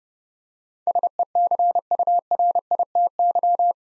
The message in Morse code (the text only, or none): SECURITY